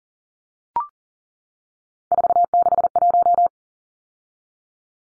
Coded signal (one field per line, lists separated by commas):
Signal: Morse code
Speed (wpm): 40 wpm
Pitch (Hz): 700 Hz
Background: none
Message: 461